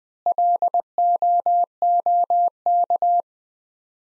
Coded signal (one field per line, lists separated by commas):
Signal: Morse code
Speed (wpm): 20 wpm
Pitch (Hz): 700 Hz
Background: none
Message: LOOK